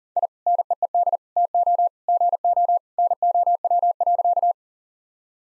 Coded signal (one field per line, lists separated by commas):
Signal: Morse code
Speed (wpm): 37 wpm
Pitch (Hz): 700 Hz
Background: none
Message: I NEED TO GO NOW.